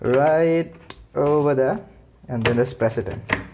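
A motorcycle helmet visor is handled over the side pivot mount while someone talks, with a few faint knocks of plastic under the voice. Nothing has seated or clicked yet.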